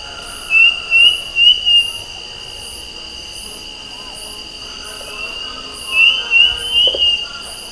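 Bird gives quick rising whistled notes in two bursts of four, set against a constant high-pitched hum and soft pulsing buzzes.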